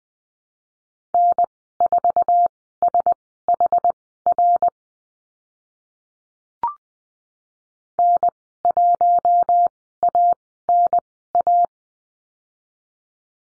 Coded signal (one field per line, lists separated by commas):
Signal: Morse code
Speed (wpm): 20 wpm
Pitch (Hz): 700 Hz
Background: none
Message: N4SHR N1ANA